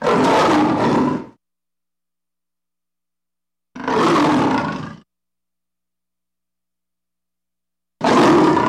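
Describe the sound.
Lion roaring in three rough, grunting bursts about four seconds apart, with silence between them.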